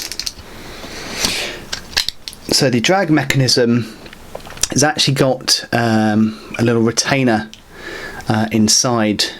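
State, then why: Released. The front drag knob of a fishing reel is unscrewed and turned off the spool, its detent giving a series of clicks at 0.1, 0.2, 0.3, 1.3, 1.7 and 2.1 seconds. The knob comes free, and then someone talks over the rest of the clip.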